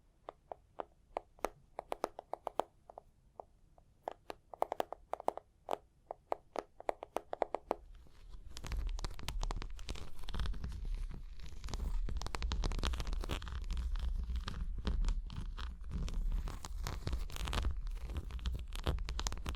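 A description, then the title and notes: Sharp, separate taps sound at an uneven but brisk pace for the first eight seconds, each one a quick click with a ringing midrange note. Then a dense, continuous scratching takes over, rough and gritty with a low rumbling undertone, holding steady to the end. Tapping and Scratching (No Talking).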